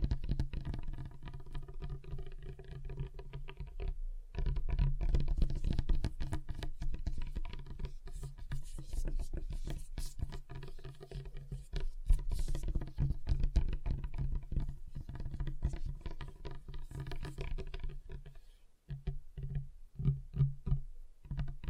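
Fingers tap on a table, a dense, fast, irregular patter of light knocks that runs almost without pause. A low hum sits steadily underneath. Brief gaps open near four seconds and again around nineteen, and the final seconds turn sparser with separate taps.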